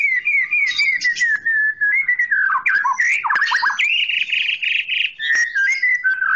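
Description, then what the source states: Oriental magpie-robin delivering a loud, continuous song of sliding whistles, scratchy bursts and a buzzy trilled segment. Chirping song.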